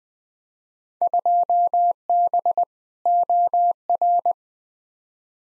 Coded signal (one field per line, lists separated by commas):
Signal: Morse code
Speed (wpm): 20 wpm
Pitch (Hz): 700 Hz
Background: none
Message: 2B OR